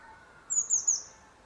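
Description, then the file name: Eurasian blue tit giving three brief, very high, thin notes in quick succession. "Cyanistes caeruleus"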